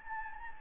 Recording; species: mosquito wingbeat signal from an infrared sensor; Anopheles gambiae